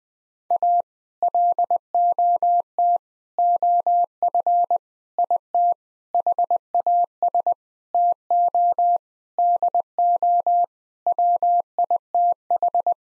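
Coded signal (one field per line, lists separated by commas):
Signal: Morse code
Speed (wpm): 20 wpm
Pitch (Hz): 700 Hz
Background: none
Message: A LOT OF IT HAS TO DO WITH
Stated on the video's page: Morse code practice at 20 wpm of sentences built from common seven-word phrases; each sentence is sent, spoken, then sent again.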